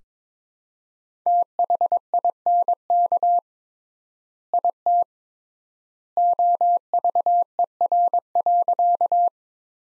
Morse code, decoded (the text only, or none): THINK IT OVER.